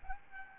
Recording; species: mosquito wingbeat signal from an infrared sensor; Aedes albopictus